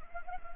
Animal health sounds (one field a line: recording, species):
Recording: mosquito wingbeat signal from an infrared sensor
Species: Anopheles arabiensis